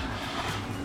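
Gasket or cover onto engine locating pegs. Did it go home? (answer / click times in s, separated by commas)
no / none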